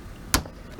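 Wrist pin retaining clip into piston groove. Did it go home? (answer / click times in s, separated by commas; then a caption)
yes / 0.3 s. A metal retaining clip for a piston wrist pin is pushed with a screwdriver into its groove inside the piston of a motorized bike motor being rebuilt. A single sharp, bright metallic snap rings out across the whole frequency range at 0.3 seconds. The clip seats into the groove.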